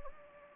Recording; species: mosquito wingbeat signal from an infrared sensor; Anopheles gambiae